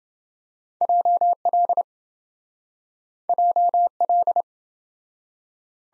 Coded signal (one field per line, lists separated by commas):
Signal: Morse code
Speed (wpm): 27 wpm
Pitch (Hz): 700 Hz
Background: none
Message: JL JL